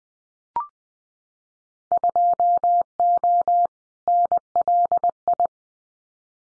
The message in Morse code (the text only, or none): 2O NLI